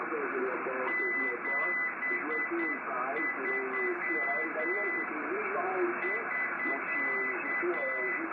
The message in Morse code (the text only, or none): 73 <SK>